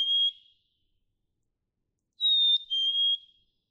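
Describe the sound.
Black-capped chickadee song: the end of one whistle, then a full two-note fee-bee, high then slightly lower, sweet and pure.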